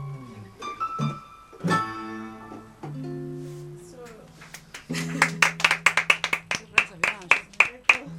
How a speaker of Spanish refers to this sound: Bravo, ahí están las palmas, están un poco tardías. Es un público medio con delay, pero están las palmas, siempre están.